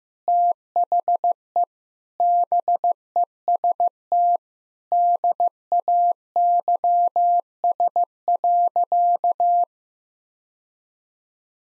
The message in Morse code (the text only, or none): THE BEST DAYS.